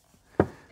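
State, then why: Seated. A new paper oil filter element is pushed onto the plastic oil filter housing cap from a Mk2 SEAT Leon 1P1 TFSI during an oil change. A single sharp, knock-like click sounds at 0.4 s and fades quickly, and the element is confirmed seated on the cap.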